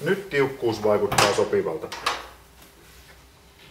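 After adjusting a Pihla exterior door, someone talks while handling the door leaf as it is about to be closed into its frame to check the seal. The speech fills the first 2.3 seconds, followed by quiet room tone. Nothing has latched or seated yet.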